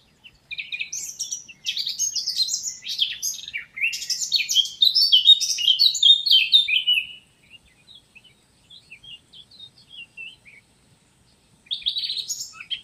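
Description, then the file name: Eurasian blackcap song, several seconds of busy warbling with clear fluty whistles, quieter twittering afterwards, then a new burst of song starting near the end. "Sylvia atricapilla"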